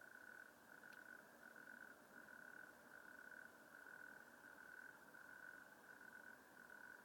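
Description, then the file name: European green toad giving a long, even, musical trill that runs almost unbroken throughout, with a brief click near the start. "Oliver Swift Wechselkröte"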